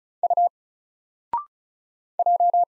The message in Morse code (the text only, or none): U J